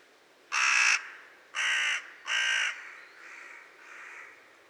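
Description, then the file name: Carrion crow calling three loud, grating caws less than a second apart, followed by two softer, weaker caws. "Corvus corone"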